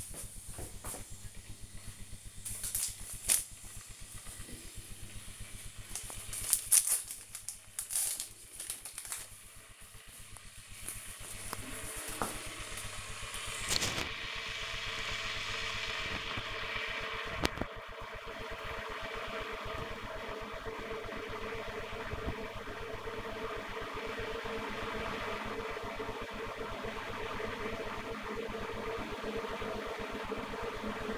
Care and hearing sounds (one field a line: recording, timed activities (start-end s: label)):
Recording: household activities, microphone on the right wrist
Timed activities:
0.00-31.18 s: making tea